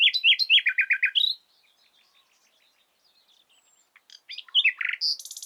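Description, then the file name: Common nightingale song: a fast run of repeated descending notes, a quiet gap with faint chirps, then a fresh phrase of varied whistles and a buzzy trill. "Luscinia megarhynchos"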